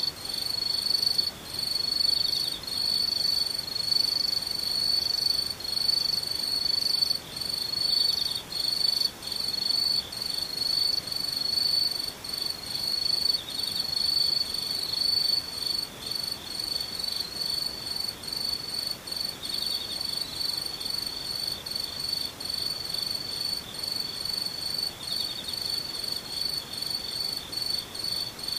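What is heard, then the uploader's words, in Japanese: A chorus of insects, likely crickets, trills without pause for the whole clip. Their high, shrill song holds a steady pitch with a fast, regular pulsing, and a fainter, even higher tone rides above it. A soft hiss sits underneath throughout. ムシ合唱。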